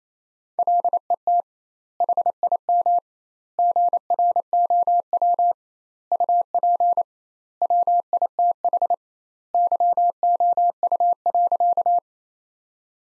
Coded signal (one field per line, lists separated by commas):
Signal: Morse code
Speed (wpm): 28 wpm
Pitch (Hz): 700 Hz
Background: none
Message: LET HIM GROW UP WITH YOU.